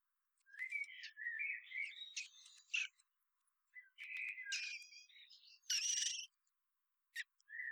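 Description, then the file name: Common blackbird song: warbled, fluty phrases sliding around a mid pitch, broken by brief high squeaky twitters, in several bursts with short pauses between them. "Turdus merula"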